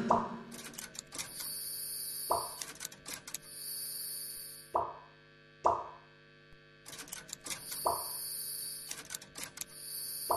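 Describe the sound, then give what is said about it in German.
Water drips in a slow series of distinct plops, about one every two seconds, each with a brief ringing tail, over a faint steady hum and hiss. No one speaks. “Das wird nur das stetige Tropfen von Wasser sein.”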